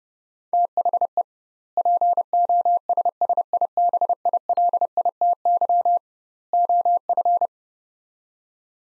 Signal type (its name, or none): Morse code